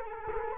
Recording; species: mosquito wingbeat signal from an infrared sensor; Culex quinquefasciatus